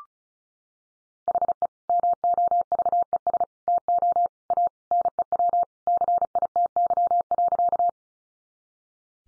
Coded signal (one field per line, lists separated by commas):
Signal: Morse code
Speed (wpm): 34 wpm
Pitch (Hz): 700 Hz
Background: none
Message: HE MOVES TO A NEW CITY.